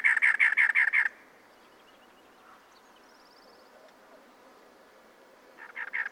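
Cactus wren song: a loud one-second burst of harsh, rapid chugging notes, then near silence before the grating series starts again at the end.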